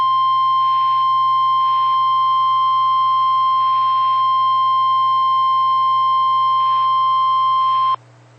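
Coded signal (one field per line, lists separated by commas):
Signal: Emergency Alert System (SAME) tones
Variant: 1050 Hz attention tone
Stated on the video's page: Severe thunderstorm warning for Fremont and Natrona Counties, Wyoming, with valid EAS tones.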